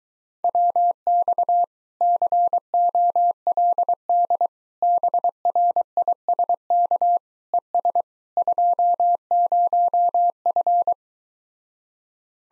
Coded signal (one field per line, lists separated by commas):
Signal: Morse code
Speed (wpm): 23 wpm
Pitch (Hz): 700 Hz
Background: none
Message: WX COLD BRISK ES 20F